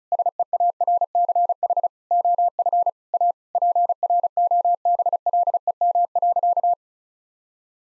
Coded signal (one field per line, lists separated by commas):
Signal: Morse code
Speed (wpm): 36 wpm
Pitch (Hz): 700 Hz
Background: none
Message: SEARCH OF A PROBLEM.